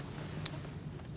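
A torque wrench set to 89 in-lbs tightens the ignition coil hold-down bolt on a 2016-2019 Chevrolet Cruze 1.4L, giving one sharp, bright click at 0.5 s over a steady low hum. The wrench clicks at its setting, so the bolt is torqued.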